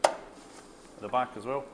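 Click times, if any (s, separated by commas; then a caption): 0.0 s. A wash box is laid flat into a high-speed oven cavity, then pushed up into its mount. A single sharp click at 0.1 s shows it clipping into place, and someone talks afterward.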